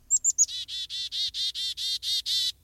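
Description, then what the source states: Chickadee giving its namesake call: three thin high introductory notes, then a long run of harsh, buzzy dee notes at a steady pace. Fledgling, a young songbird that has just left the nest, in spring or summer.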